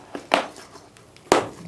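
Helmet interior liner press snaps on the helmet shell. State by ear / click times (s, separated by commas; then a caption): released / 0.3 s, 1.3 s. The interior liner of an HJC modular helmet is pulled out of the helmet shell, and its press snaps pop open with two sharp clicks at 0.3 s and 1.3 s. The loud, crisp snaps come after a faint tap near 0.2 s, and their sharpness shows the snaps hold the liner very securely until released.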